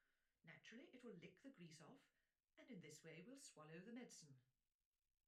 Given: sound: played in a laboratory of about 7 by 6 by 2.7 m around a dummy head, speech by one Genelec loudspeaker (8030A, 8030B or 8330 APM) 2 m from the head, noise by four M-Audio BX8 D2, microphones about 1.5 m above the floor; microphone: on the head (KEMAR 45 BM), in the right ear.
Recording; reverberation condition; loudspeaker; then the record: female speech in English; low; behind (180 degrees)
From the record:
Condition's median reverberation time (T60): about 310 ms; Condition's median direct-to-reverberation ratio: about 3.5 dB